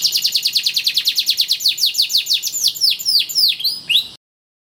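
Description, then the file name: Canary song: a quick, even trill of high notes that slows into separate downward-sweeping whistles, then stops abruptly. "kenari koboy jr"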